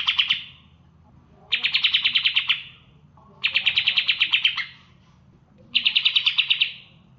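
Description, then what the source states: Leafbird giving dry, buzzy, rattled phrases of about a second each, several bursts separated by pauses of about a second, with a faint low hum underneath. Song with mimicry of ciblek (bar-winged prinia) calls (isian ciblek).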